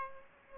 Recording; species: mosquito wingbeat signal from an infrared sensor; Aedes aegypti